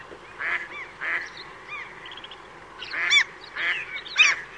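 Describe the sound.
Bird calls: a handful of nasal, honk-like notes in uneven bursts, louder and sharper toward the end, with softer overlapping calls between them.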